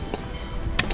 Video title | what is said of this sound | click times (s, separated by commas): UNIT SUPER SPESIAL ❗BOCAP PRIMER SPEK LONGRANGE UPGRADE MAXIMAL - 100 M | Pastikan udah ada suara klik. | 0.8 s